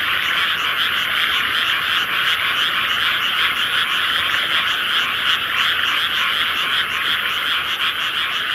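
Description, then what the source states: Frogs: frog chorus of rapid, rhythmic pulsing calls, many animals overlapping in a constant high-pitched trill throughout. Various frogs, a soundscape.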